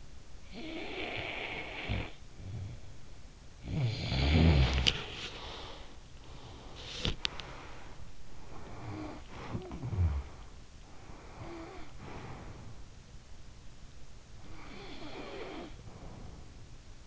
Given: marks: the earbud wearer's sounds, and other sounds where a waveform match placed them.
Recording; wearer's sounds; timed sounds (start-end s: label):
sounds in sleep by an in-ear microphone; snoring breath, body movement, breath
0.13-3.04 s: snoring breath
3.44-5.10 s: snoring breath
5.10-8.53 s: body movement
8.53-10.70 s: snoring breath
10.70-13.22 s: breath
13.79-16.42 s: snoring breath